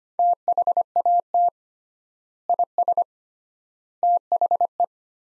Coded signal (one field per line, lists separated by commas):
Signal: Morse code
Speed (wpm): 25 wpm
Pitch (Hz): 700 Hz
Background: none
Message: THAT IS THE